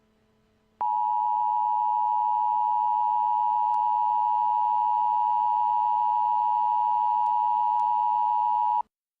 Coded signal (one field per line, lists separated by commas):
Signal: Emergency Alert System (SAME) tones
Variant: 853 and 960 Hz attention tone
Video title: EAS Scenario - Black Hills Tornado Outbreak